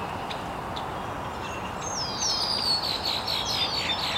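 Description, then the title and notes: Bird chirping, quiet at first, then a run of quick descending high whistled notes in the second half over a steady hiss. Birds chirping very early in the morning in an estuary. "Birds Chirping in the Early Morning. Original sounds of birds chirping very early in the morning in an estuary"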